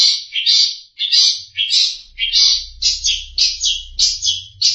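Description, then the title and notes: Long-tailed Shrike making a quick series of harsh, grating notes, some paired and varied in pitch, with a low hum underneath. "Pentet 201703. Suara burung pentet"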